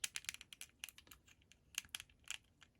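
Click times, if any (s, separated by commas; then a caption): none. A swapped plastic Civil War head sculpt for an S.H. Figuarts Captain America action figure is pressed onto the figure's neck peg, making a scattered series of short, sharp plastic ticks and scrapes across the clip, with the loudest around 0.0, 0.8 and 2.0 seconds. The head has not clicked on; it only sits loosely on top of the neck.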